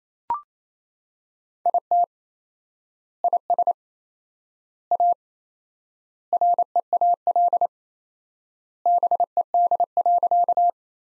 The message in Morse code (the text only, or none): IT IS A REAL BED.